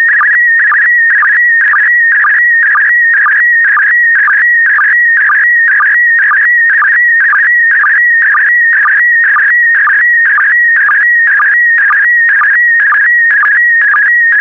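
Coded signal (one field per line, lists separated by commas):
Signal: SSTV (slow-scan television)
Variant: PD120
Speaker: get ready starting transmission in 5 4 3 2 1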